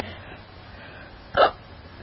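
One sharp, forceful hiccup in an adult over a quiet background, part of a bout of hiccups that are really hard and spaced far apart.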